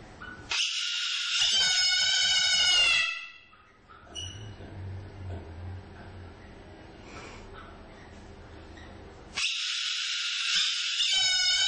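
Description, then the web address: Parrot screeching in two long, grating, buzzy bursts, separated by several seconds of quieter background noise with a low hum. "попугай"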